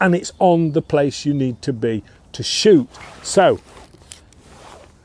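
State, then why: Seated. Someone talks while a rotary pellet magazine, pulled forward by a magnet, sits in an air rifle's breech; it locks into place with no separate locking mechanism. The loading lever or bolt is then closed, giving a sharp metallic click at 4.1 s as the magazine is held seated.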